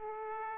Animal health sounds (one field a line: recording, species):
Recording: mosquito wingbeat signal from an infrared sensor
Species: Aedes aegypti